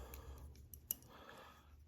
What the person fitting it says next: push down, pop that back into place, and now it's locked into place again.